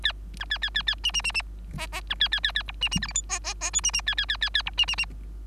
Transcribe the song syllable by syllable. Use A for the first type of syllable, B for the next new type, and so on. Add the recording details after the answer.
A B A A A A C C C C D D B A A A A E C C F G H D D D I C C A A A A A E C C C. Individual Bird3